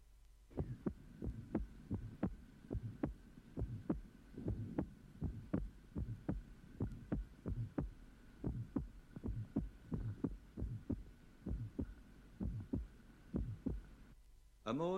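Rapid, slightly irregular heartbeat near 100 a minute in a 5-year-old child, heard at the lower sternum, with a clearly split first heart sound of two close components, a short, soft, innocent systolic murmur and a normally split second heart sound. The child is breathing and sinus arrhythmia is present; a normal finding.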